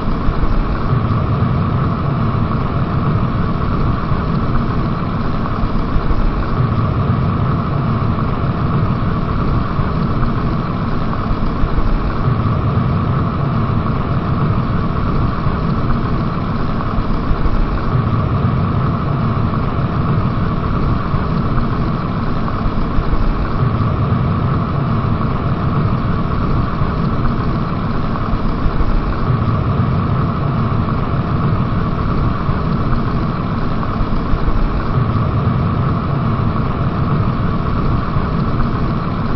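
A kettle heating up gives a steady, dense rumbling roar that never lets up across the whole stretch. The low churning swells in slow, regular surges roughly every six seconds, over a faint constant mid-pitched hum and a dull sound.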